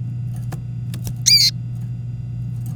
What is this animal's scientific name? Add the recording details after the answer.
Serinus canaria. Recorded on 24 April 2018 at 18:28. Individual llb3